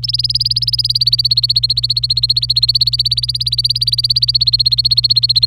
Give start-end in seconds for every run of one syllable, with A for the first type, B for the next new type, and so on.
0.03-5.46 A